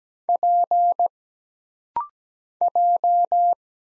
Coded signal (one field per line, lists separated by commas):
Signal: Morse code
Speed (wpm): 17 wpm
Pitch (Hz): 700 Hz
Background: none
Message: P J